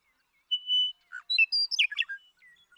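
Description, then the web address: Western meadowlark singing, opening with a long, steady, clear whistle, followed by a tumbling, bubbling cascade of descending flutey notes and a few soft trailing notes. "birdsongforthecurious Western Meadowlark"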